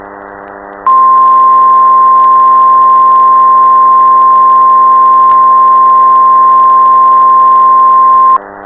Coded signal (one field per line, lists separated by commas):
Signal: Emergency Alert System (SAME) tones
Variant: 1050 Hz attention tone